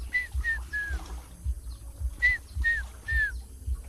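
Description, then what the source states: African fish eagle calls: two bursts of three clear, yelping, downslurred notes, with low rumbling background noise throughout. On Lake Victoria, the call signals a strong change in wind and weather, warning fishermen to leave the lake quickly.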